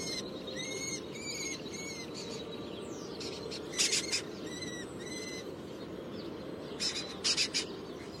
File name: canto do peneireiro das torres